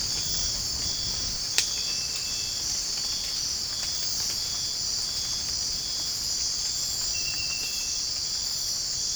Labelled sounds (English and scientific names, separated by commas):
none